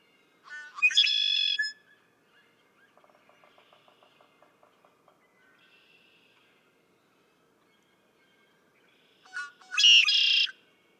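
Red-winged blackbird songs: two harsh buzzy trills about nine seconds apart, with soft rapid ticking notes between them.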